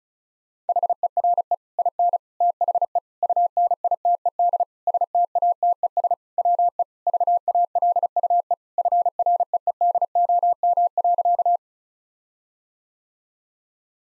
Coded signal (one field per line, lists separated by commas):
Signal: Morse code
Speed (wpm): 34 wpm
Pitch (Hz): 700 Hz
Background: none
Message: HERE IN THE UNITED STATES WE VALUE FREEDOM.